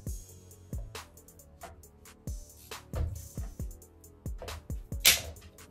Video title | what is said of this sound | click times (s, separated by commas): UNFINISHED BUSINESS!! 01/20/2024 | and that's it once you hear that click everything's tored to the SP spec so | 5.1 s